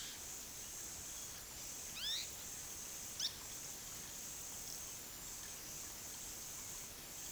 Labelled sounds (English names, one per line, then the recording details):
Pale-breasted Spinetail
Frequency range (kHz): Pale-breasted Spinetail 1.1-7.8 kHz
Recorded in pastures near Puerto Asís, Putumayo, Colombia, on 20 February 2024 at 13:00
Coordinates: 0.468, -76.328
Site G6414